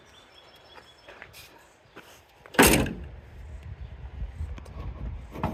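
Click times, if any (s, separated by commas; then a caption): none. A replacement hood on an S70 is closed and pushed down onto its hood latches, with a loud slam-like thud at about 2.6 s and lighter knocks near 1.2 s and 5.4 s. Nothing has clicked or latched yet: one side fails to catch because that latch is out of adjustment.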